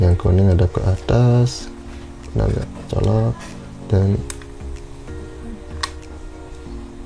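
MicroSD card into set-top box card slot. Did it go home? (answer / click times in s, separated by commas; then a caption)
yes / 5.8 s. A microSD card is pushed into the card slot of a set-top box until it latches. Someone talks over background music, and a sharp click at 5.8 s marks the card seating in the slot.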